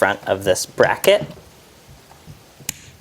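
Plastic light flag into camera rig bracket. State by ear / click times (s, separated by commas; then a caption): seated / 2.7 s. Someone talks, then a 3D-printed plastic light flag is pressed onto the front of a printed bracket on a phone camera rig. It snaps into place with a single sharp click at 2.7 s.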